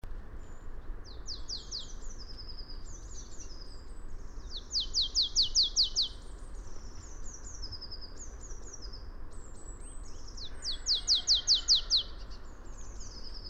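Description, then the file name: Marsh tit giving bright, high downslurred notes in rapid runs, with two louder bursts of several notes, over a low background rumble. "Poecile palustris"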